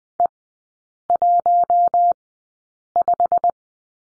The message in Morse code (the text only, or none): E15